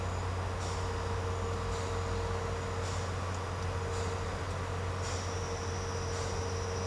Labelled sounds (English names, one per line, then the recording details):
none
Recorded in secondary vegetation near Puerto Asís, Putumayo, Colombia, on 21 March 2025 at 11:00
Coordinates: 0.468, -76.324
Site G059